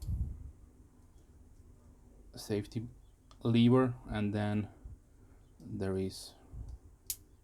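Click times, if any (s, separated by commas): 7.1 s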